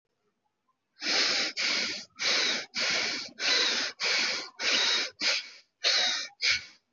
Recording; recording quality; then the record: shallow breathing; excellent, no background noise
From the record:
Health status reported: healthy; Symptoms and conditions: none ticked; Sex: male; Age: 30 years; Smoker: not ticked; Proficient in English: yes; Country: India